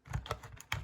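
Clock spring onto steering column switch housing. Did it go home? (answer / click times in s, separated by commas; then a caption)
yes / 0.7 s. A small plastic steering column clock spring with many locating legs, which only fits one way, is pressed onto the steering column switch housing. A few light clicking taps come first, then a sharp click at 0.7 s as it snaps into place and seats.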